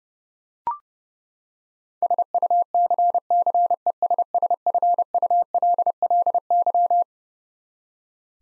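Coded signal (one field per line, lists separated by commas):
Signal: Morse code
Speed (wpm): 30 wpm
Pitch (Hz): 700 Hz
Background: none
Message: SUCCESSFULLY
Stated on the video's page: Head-copy drill of twelve-letter words at 30 wpm, each word sent, spoken, then sent again.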